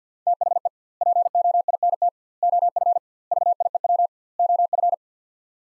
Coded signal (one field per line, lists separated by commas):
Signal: Morse code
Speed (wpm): 50 wpm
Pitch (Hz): 700 Hz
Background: none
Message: THE POINT OF VIEW OF